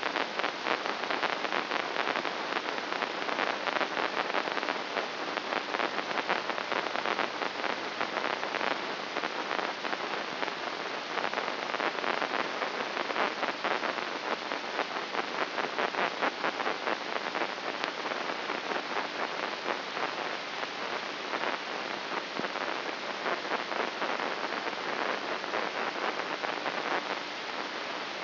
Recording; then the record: brain microelectrode recording played as sound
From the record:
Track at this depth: inside the subthalamic nucleus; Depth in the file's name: 4.883 mm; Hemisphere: left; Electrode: 3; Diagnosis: Parkinson's disease